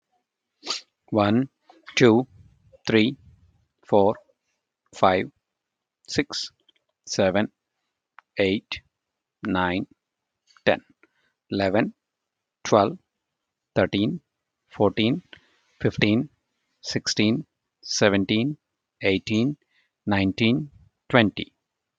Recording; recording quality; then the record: counting at a normal pace; excellent, no background noise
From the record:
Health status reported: healthy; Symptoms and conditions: none ticked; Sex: male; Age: 37 years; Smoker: not ticked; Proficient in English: yes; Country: India